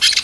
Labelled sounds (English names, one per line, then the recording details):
Brown-throated Parakeet contact call
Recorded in Venezuela
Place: Guárico; Corozopando; Fundo La Fe
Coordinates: 8.506, -67.593